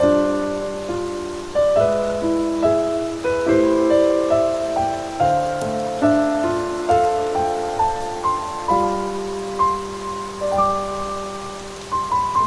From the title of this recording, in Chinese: 雨声和冰镇咖啡的特殊结合